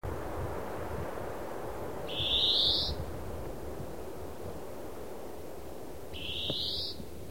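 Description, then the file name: European greenfinch calls: two long buzzy wheezes sliding upward, roughly four seconds apart, set against steady low-pitched noise and a brief click. "Chloris chloris"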